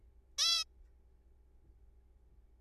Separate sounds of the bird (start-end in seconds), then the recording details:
0.38-0.65. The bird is a juvenile. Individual R3428